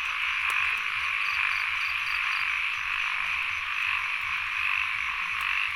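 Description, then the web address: Frogs croak in an irregular chorus against a steady, high insect drone. Frogs with insects at Sen Monorom, Cambodia. "Ziklibrenbib Les Cartes Postales Sonores NOISE ON EARTH Vol 1 CAMBODIA Les Cartes Postales Sonores - 02-Insects Frogs of Sen Monorom"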